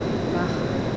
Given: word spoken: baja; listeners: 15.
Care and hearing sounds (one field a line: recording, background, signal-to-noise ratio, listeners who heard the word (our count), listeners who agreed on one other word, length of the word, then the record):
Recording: one Spanish word in noise, from a listening test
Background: speech-shaped noise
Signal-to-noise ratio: -7.0 dB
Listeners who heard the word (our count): 4 of 15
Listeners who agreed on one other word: 6 of 15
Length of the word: 0.57 s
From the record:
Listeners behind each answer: 6, 4, 1, 1, 1, 1, 1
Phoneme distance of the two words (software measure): 10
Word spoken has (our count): 2 syllables, 4 phonemes, stress on syllable 1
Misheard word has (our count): 2 syllables, 4 phonemes, stress on syllable 1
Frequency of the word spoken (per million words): 121.54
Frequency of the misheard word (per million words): 10.30